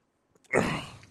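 A short, faint intake of breath is followed by one sudden, explosive burst of noise that fades over about half a second. It is a single ordinary sneeze from an adult man, one that came on very quickly, a normal reflex that clears irritants from the nose.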